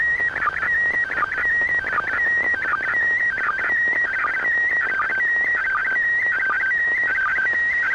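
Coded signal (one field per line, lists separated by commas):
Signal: SSTV (slow-scan television)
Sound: warbling whistle-like tones between about 1.5 and 2.3 kHz, repeating in quick regular lines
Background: radio static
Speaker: 6 seconds about within 10 seconds it should come on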